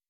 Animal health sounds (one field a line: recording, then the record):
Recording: hydrophone in a shrimp aquaculture tank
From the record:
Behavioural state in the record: weakened